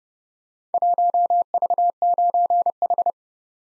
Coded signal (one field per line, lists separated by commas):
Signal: Morse code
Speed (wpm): 30 wpm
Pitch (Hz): 700 Hz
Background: none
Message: 1V9H